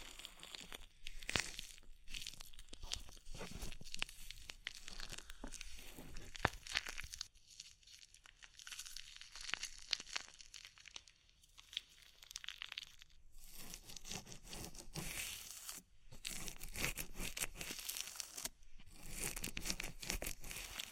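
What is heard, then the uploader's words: A tingly ear massage with oil and foam: dense crinkling, squishing rubs fill the sound, bright and right against the ear. The rubbing comes in quick bursts, eases into softer, quieter stretches around eight and twelve seconds, and stops briefly near sixteen seconds. ASMR Oil, Foam and Tingly Ear Massage for Stress Relief (No Talking).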